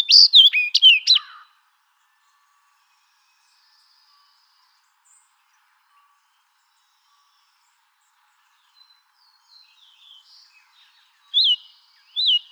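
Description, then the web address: Fox Sparrow singing a quick run of sweet, slurred whistles, followed by a long quiet stretch and two short loud whistled notes near the end. "Radio Sound Files Current 2011-April 20110421 Fox Sparrow"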